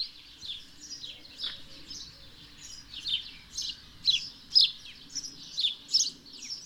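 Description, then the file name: House sparrow giving repeated chirps, irregular bursts about twice a second that grow louder toward the end, over a soft low background hum. "Passer domesticus"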